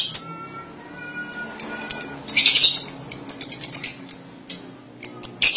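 Lovebird calls: high sharp chirps and one dense shrill chattering burst, with faint lower whistled tones in the background.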